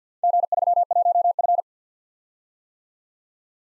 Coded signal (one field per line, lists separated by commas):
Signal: Morse code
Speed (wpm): 53 wpm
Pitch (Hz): 700 Hz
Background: none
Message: G31F